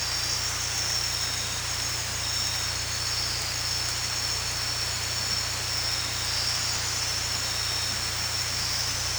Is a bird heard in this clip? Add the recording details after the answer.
no. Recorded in dense forest near Puerto Asís, Putumayo, Colombia, on 18 December 2024 at 23:00. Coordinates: 0.467, -76.328. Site GP05